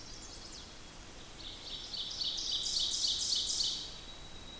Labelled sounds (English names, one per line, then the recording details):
Ovenbird song
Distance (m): 30 m
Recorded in boreal forest in Alberta, Canada, on 8 June 2016 at 07:10
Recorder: SongMeter 3, array SBT-3-9
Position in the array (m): 47 m, 103 m
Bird 33